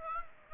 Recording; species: mosquito wingbeat signal from an infrared sensor; Aedes aegypti